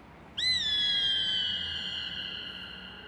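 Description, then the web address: Gray Hawk call: one drawn-out, clear whistle with an abrupt start and a gentle downward slur, trailing off. "BIRD NOTE. Emily Raboteau and Harlems Gray Hawk Mural"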